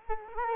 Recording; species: mosquito wingbeat signal from an infrared sensor; Culex quinquefasciatus